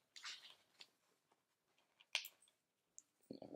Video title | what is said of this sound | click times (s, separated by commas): Episode 13 - Wrestlemania Elite | Go, there's the click. | 2.2 s